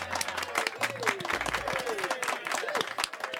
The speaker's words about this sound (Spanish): Muy bien, muy bien. Esto se merece un aplauso.